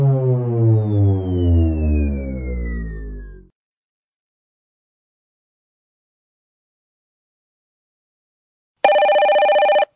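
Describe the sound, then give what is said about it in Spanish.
A telephone bell gives one short, loud, buzzing ring after several seconds of silence, preceded by a droning tone that slowly slides downward in pitch and cuts off. “Déjeme contestar el teléfono.”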